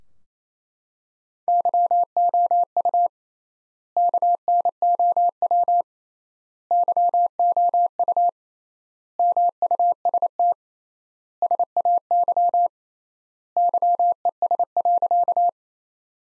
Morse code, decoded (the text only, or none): YOU KNOW YOU MUST SAY YES.